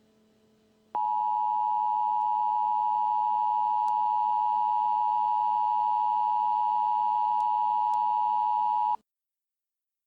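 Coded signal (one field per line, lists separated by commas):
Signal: Emergency Alert System (SAME) tones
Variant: 853 and 960 Hz attention tone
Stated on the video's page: Mock EAS alert based on the cartoon The Amazing World of Gumball.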